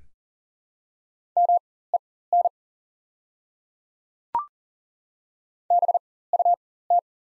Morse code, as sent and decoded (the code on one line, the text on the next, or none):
-- . -. / -... ..- -
MEN BUT